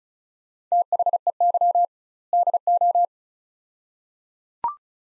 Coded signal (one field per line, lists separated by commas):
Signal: Morse code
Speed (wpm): 36 wpm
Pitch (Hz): 700 Hz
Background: none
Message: THEY DO